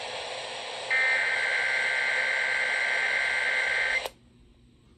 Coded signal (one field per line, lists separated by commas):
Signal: Emergency Alert System (SAME) tones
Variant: header bursts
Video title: (FOUND) Kentucky AMBER Alert (3/25/22) (EAS 7601)